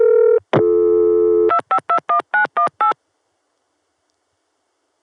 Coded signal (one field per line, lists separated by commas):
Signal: DTMF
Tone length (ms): 100 ms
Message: 2521918